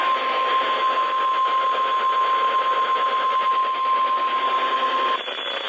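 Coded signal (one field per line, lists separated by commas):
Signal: Emergency Alert System (SAME) tones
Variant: 1050 Hz attention tone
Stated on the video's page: Required weekly test from a station covering the Corsicana area, received on a Midland WR400 radio; reception not completely clear.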